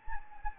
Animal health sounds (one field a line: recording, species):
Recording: mosquito wingbeat signal from an infrared sensor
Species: Anopheles gambiae